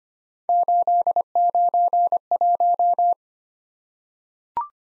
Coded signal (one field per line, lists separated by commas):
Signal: Morse code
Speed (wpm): 25 wpm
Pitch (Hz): 700 Hz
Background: none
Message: 891